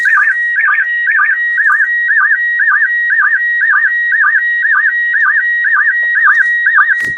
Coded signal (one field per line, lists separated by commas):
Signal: SSTV (slow-scan television)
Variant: PD 120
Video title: International Space Station SSTV Live December 27, 2024 @ 02:23 am EDT